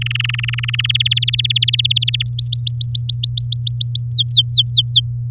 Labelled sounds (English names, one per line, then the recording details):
Domestic Canary song
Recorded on 10 May 2018 at 17:30
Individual llb16